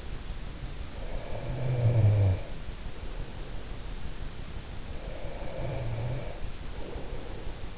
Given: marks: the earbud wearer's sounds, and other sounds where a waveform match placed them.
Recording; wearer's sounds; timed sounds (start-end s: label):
sounds in sleep by an in-ear microphone; snoring breath, breath
0.52-3.36 s: snoring breath
4.96-7.78 s: breath